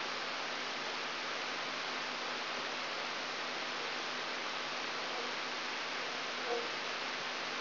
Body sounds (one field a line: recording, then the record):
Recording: brain microelectrode recording played as sound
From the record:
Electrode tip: outside the subthalamic nucleus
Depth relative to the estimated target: -6 mm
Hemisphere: right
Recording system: AlphaMap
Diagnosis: Parkinson's disease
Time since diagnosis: 24 years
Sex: male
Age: 67 years